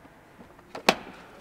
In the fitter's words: drehe dann wieder einfach die Babyschale zurück und dann ist sie fix eingerastet und damit ist das Baby sicher im Fahrzeug unterwegs